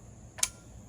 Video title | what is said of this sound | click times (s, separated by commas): September 6, 2023 Ravin CrossBow How-To From unboxing to building to operation and troubleshooting. | push down onto the string and you're going to hear it click | 0.4 s